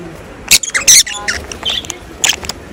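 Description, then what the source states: Rosy-faced lovebird giving a few sharp, shrill squeaks and scratchy chirps in short bursts, separated by quiet gaps with a faint background hiss. Close-up recording of a singing rosy-faced lovebird.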